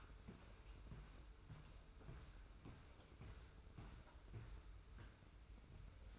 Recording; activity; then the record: daily activity, microphone in the room; walk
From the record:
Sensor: 2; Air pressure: 990.6 hPa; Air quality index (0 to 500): 180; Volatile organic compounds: 1000 ppm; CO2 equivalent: 5720 ppm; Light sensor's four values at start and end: 27/65/26/26 and 26/62/25/25